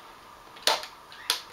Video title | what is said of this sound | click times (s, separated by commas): Stampin' Trimmer: Rotary Add-on vs Standard blades | that's better that's locked now okay not going anywhere | 0.7 s, 1.3 s